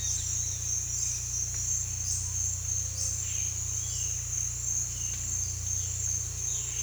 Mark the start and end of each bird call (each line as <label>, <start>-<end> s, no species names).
bird call, 0.00-0.83 s
bird call, 3.29-6.82 s